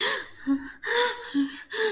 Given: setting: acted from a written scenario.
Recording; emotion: vocal sound without words; fear